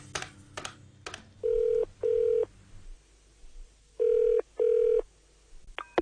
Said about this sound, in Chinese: 打个电话俾佢先。